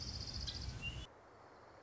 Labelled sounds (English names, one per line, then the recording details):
Orange-crowned Warbler
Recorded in Sonoma County, California